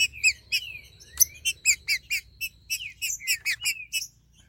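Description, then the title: Green-winged saltator song of quick, bright chirps with a rising slide, over a thin steady high tone for part. "Trinca Ferro"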